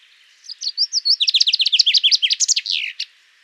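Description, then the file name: Common chaffinch song: a few thin opening notes speed up into a rapid series of sharp chirps, closing with a quick flourish, in about two and a half seconds. "Fringilla coelebs"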